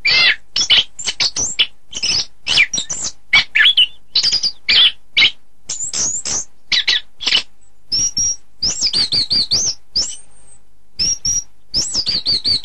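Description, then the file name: Orange-headed thrush song, a dense stream of scratchy chirps and squeaky notes, ending in a series of looping, warbled whistles. "anis kembang"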